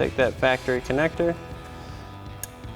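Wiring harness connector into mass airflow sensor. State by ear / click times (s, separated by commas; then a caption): seated / 2.4 s. A factory plastic wiring harness connector is pushed onto the mass airflow sensor of a 2019-2024 5.3L Sierra 1500 during a cold air intake install. Someone talks over music, then after a short pause a sharp click is heard at 2.4 s as the connector seats into place.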